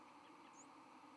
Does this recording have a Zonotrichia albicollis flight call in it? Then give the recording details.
no. Another species' flight call is heard. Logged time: 08:22 on 31 October 2014